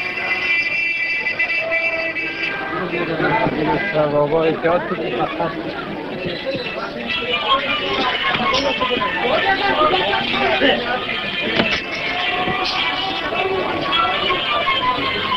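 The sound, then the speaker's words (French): A dense, steady murmur of a crowd at a Central Asian bazaar fills the whole clip, many overlapping voices, cries and laughter blending into a continuous babble with occasional louder calls rising above it. “les cris, les rires, le ruisselant murmure de la foule.”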